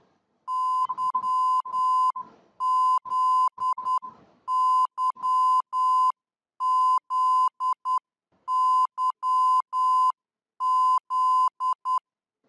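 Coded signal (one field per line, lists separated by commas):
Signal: Morse code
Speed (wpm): 10 wpm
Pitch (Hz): 2900 Hz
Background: none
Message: YZYZYZ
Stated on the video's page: VOR aircraft navigation signal in the 108–118 MHz VHF band, simulated in Scicos.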